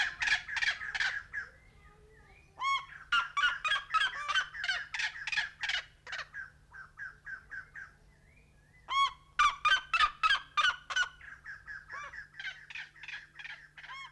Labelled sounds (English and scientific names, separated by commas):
White-crested Laughingthrush (Garrulax leucolophus) call